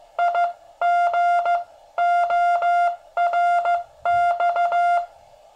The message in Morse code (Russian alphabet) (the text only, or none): ИГОРЬ